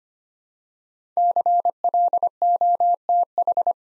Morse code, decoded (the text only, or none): CLOTH